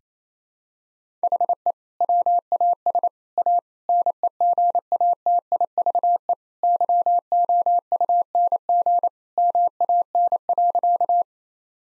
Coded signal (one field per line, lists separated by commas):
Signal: Morse code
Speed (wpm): 27 wpm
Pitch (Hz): 700 Hz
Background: none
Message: HE WAS A NEGATIVE YOUNG MAN.